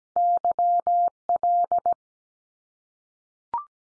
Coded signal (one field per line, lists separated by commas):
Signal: Morse code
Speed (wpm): 17 wpm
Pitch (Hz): 700 Hz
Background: none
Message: YL